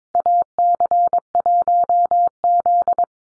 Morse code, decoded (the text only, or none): AC1Z